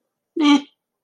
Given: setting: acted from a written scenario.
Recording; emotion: vocal sound without words; neutral